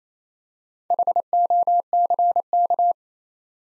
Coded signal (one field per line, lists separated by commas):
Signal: Morse code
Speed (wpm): 29 wpm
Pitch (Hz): 700 Hz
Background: none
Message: HOCK